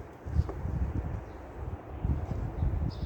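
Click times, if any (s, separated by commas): none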